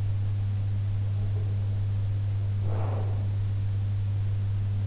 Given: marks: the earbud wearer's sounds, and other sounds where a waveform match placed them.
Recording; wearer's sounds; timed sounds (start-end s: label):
sounds in sleep by an in-ear microphone; breath
2.58-3.55 s: breath